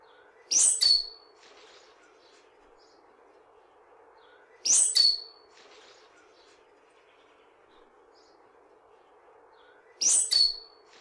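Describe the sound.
Bird song: three short, bright phrases, each a rapid sweep down from very high pitch ending in a clear whistled note, spaced about four to six seconds apart over a steady low hum.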